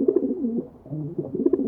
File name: John Neville - Rock Pigeon